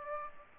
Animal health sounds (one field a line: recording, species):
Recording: mosquito wingbeat signal from an infrared sensor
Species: Aedes aegypti